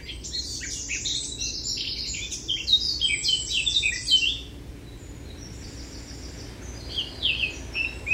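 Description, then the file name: Eurasian blackcap song: a loud, rapid warbling phrase for four seconds, then quieter scattered notes, with a faint low hum throughout. "Sylvia atricapilla"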